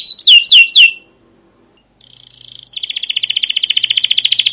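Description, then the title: Canary song: three loud downslurred chirps, a short silence, then a buzzy note leading into a fast rolling trill. Canary song used as a lure (pancingan) to train other canaries to sing; described as gacor, long rolls with cuit cuit notes. "CUIT CUIT NGEROL LANGSUNG GACOR PANJANG Kenari Ini AMPUH Utk Pancingan KENAR. Masteran Suara Burung Kenari Gacor Panjang cuit cuit Ngerol untuk Pancingan Kenari!"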